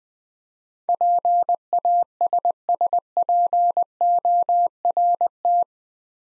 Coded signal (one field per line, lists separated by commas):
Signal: Morse code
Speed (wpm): 21 wpm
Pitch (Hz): 700 Hz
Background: none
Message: PASSPORT